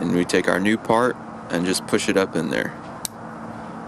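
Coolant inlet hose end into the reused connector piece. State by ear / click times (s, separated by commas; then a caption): seated / 3.1 s. On a 2014 Chevy Cruze 1.4L, the end of a new coolant inlet hose is pushed up into the reused, cleaned-out plastic connector piece while someone talks. A sharp snap at 3.0 s marks the fitting clicking into place, confirmed as seated.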